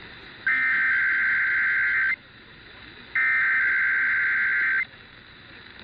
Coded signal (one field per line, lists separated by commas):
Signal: Emergency Alert System (SAME) tones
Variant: header bursts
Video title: A lot of weekly test (EAS# 581 602)